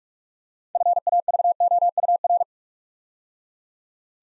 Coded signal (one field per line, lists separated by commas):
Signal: Morse code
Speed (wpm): 44 wpm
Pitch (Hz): 700 Hz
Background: none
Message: FAVOUR